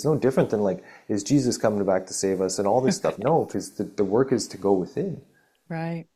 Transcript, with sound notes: It's no different than, like, is Jesus coming back to save us-
(laughs)
... and all this stuff. No, 'cause the, the work is to go within.